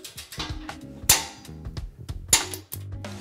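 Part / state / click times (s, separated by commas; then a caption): click-type torque wrench tightening a bolt / torque reached / 1.1 s, 2.3 s. A click-type torque wrench, held at the end of its handle, tightens a steel bolt in one smooth motion until its internal mechanism breaks over at the set torque. Two loud, sharp clicks ring out at 1.1 s and 2.3 s, with softer ticks and tonal background sound around them, showing the set torque was reached.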